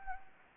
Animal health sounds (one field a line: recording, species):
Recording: mosquito wingbeat signal from an infrared sensor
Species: Anopheles arabiensis